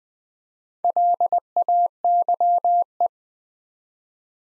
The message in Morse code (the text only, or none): LAYE